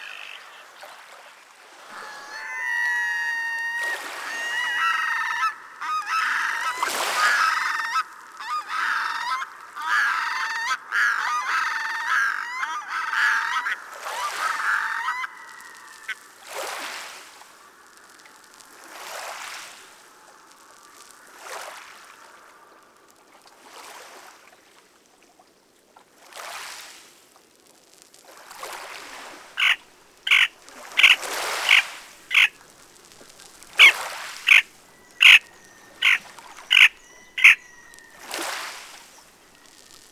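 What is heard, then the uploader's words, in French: Wild animal calls in a field setting: dense honking, goose-like calls fill the first fifteen seconds, then sparser sharp chirps and bright clicks follow. A base de field-recording, les espèces animales protégées du domaine de Rovorée s'y retrouvent représentées durant les différentes saisons.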